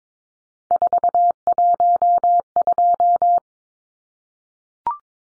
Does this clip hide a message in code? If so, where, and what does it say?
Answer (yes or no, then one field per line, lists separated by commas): yes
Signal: Morse code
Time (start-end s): 0.7-3.4 s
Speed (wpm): 22 wpm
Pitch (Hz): 700 Hz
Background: none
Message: 412